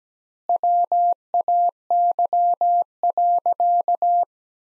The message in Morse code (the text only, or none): WAY.